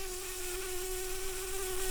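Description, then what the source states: Brown-banded carder bee buzzing: a steady, unbroken low hum that holds one pitch throughout. Queens.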